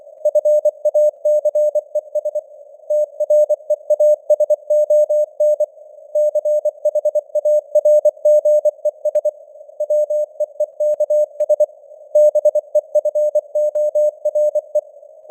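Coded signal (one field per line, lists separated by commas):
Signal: Morse code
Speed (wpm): 24 wpm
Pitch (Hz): 600 Hz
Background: none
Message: FACES TREASON CHARGES WEEKS BEFORE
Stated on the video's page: Morse news headlines at 24 wpm with simulated radio noise and varying signal strength (QSB).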